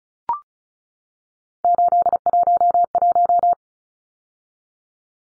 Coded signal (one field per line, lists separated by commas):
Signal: Morse code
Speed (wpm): 34 wpm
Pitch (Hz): 700 Hz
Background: none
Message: 811